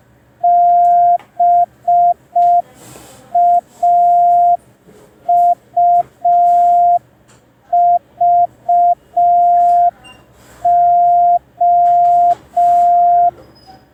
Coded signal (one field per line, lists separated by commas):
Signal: Morse code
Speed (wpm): 5 wpm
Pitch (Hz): 700 Hz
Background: none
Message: BAUVO